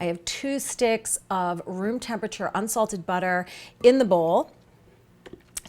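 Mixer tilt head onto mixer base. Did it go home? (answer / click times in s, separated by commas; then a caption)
yes / 5.6 s. Someone talks about two sticks of room-temperature unsalted butter in the bowl. The tilting head of a stand mixer is then brought down onto the mixer base and locked. A sharp click at 5.6 s marks it seating, with a few faint taps around it.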